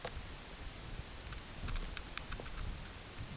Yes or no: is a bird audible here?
no